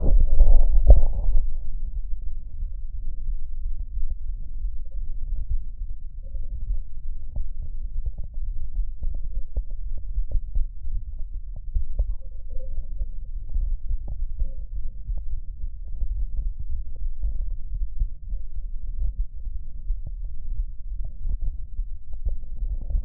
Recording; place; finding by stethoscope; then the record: heart sounds by stethoscope; mitral valve (MV); mitral regurgitation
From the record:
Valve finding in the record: mitral regurgitation, grade 1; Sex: male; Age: 85 years